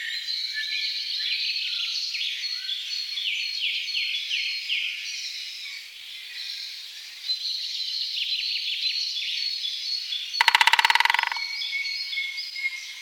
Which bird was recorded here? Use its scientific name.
Dendrocopos major